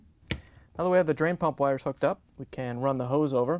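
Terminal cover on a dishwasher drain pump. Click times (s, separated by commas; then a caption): 0.3 s. With both drain pump wire terminals locked on, the plastic terminal cover on a Bosch/Thermador/Gaggenau dishwasher drain pump is pushed down over them and snaps shut with one sharp snap at 0.3 s. Someone then talks, and the cover is seated.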